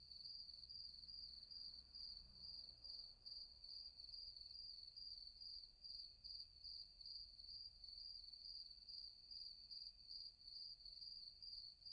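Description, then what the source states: Cricket giving a continuous high-pitched pulsing chirp at an even pace, over a soft low background hum. Several crickets.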